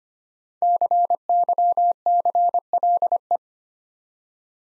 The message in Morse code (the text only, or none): CYCLE